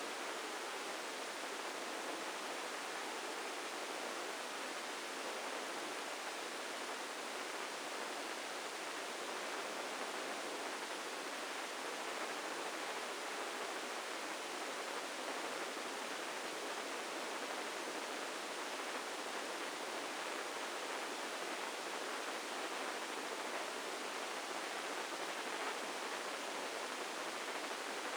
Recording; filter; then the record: brain microelectrode recording played as sound; spike band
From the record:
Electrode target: subthalamic nucleus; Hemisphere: left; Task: reaching with the right hand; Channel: 1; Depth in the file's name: 2.062 mm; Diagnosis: Parkinson's disease